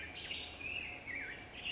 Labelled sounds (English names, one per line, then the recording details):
Black-headed Grosbeak
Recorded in Sonoma County, California